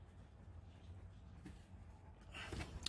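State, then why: Seated. A plastic threaded cap on a string trimmer head is turned backwards on its threads until the thread start drops into place with a click at 2.9 s, so it will then thread on straight instead of crooked. Low rumble and faint rubbing sounds come before the short, sharp click, and the cap is seated.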